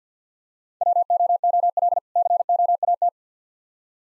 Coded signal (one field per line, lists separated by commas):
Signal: Morse code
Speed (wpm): 45 wpm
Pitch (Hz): 700 Hz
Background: none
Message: WOOL COAT